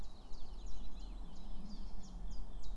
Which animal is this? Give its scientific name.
Phylloscopus collybita